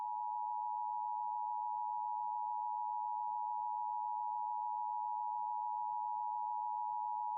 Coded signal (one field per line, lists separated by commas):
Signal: Emergency Alert System (SAME) tones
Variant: 853 and 960 Hz attention tone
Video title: SEASON FINALE | LIVE AM/MW DX: DX Central Live - S. 3, Ep. 28 | Friday, May 5, 2023